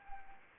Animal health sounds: mosquito wingbeat signal from an infrared sensor; Anopheles arabiensis

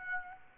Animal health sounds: mosquito wingbeat signal from an infrared sensor; Aedes aegypti

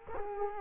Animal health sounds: mosquito wingbeat signal from an infrared sensor; Culex quinquefasciatus

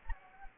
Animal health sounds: mosquito wingbeat signal from an infrared sensor; Anopheles gambiae

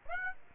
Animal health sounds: mosquito wingbeat signal from an infrared sensor; Aedes aegypti

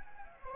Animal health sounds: mosquito wingbeat signal from an infrared sensor; Anopheles gambiae

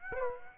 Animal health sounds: mosquito wingbeat signal from an infrared sensor; Aedes aegypti

